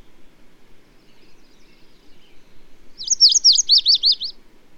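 Bird song, one rapid burst of high zigzagging notes lasting just over a second, with soft twittering before it and a faint low rumble throughout.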